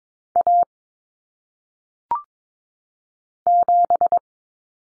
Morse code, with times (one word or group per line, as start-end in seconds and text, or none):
0.4-0.6 A
3.5-4.2 7